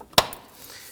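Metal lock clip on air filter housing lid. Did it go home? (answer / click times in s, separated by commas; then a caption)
yes / 0.2 s. On a 2013-2019 Ford Police Interceptor Utility 3.7L V6, the air filter cover is pushed down and the metal lock tab on the housing lid is pushed on. A single sharp snap sounds at 0.2 s, with faint small taps before it and a quieter tick just after. The metal clip snaps shut and the lid is seated.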